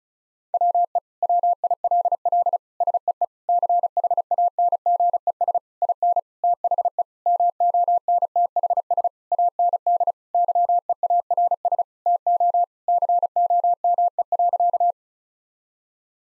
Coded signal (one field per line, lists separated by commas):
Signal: Morse code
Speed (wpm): 34 wpm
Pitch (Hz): 700 Hz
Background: none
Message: WE WILL SEE CHANGES IN THE MONTHS AND YEARS TO COME.